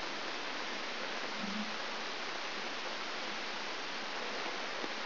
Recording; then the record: brain microelectrode recording played as sound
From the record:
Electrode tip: outside the subthalamic nucleus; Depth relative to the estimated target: -4 mm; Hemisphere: left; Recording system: AlphaMap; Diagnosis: Parkinson's disease